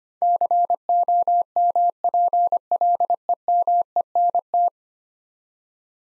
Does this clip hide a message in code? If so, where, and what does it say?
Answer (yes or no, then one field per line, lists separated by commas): yes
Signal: Morse code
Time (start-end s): 0.2-4.7 s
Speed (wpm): 25 wpm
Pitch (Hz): 700 Hz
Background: none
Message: COMPLEMENT